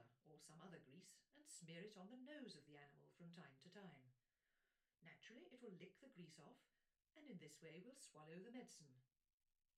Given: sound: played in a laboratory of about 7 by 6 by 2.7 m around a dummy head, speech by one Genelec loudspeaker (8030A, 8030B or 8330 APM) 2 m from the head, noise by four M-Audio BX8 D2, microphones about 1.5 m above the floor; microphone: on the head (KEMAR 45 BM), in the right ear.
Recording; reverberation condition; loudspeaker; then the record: female speech in English; low; 30 degrees to the left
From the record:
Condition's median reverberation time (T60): about 310 ms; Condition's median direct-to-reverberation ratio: about 3.5 dB